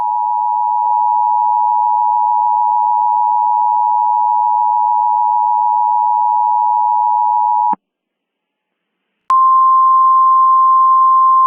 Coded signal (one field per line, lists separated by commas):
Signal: Emergency Alert System (SAME) tones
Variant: 853 and 960 Hz attention tone